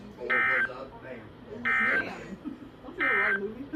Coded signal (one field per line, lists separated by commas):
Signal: Emergency Alert System (SAME) tones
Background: speech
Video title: SWA Day (EAS 125-126)